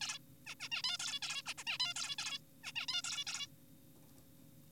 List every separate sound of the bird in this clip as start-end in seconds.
0.01-0.19, 0.47-0.55, 0.60-0.69, 0.72-0.82, 0.84-0.97, 0.99-1.19, 1.23-1.42, 1.46-1.54, 1.58-1.64, 1.67-1.78, 1.80-1.94, 1.96-2.16, 2.18-2.39, 2.63-2.72, 2.76-2.86, 2.88-3.02, 3.04-3.24, 3.27-3.47